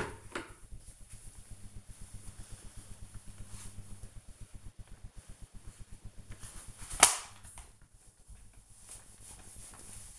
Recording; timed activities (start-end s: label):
household activities, microphone on the right wrist
0.00-10.18 s: floor cleaning